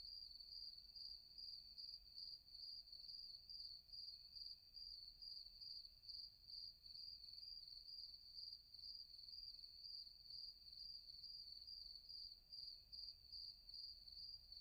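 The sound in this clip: Crickets keep up a high, even chirping, pulses coming a little more than twice a second, with faint low background noise.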